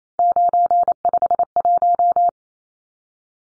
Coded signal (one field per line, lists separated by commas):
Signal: Morse code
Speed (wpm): 28 wpm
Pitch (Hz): 700 Hz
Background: none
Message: 951